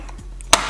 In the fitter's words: So the box, it is magnetic. So, you know, when you open and close it, snaps right into place.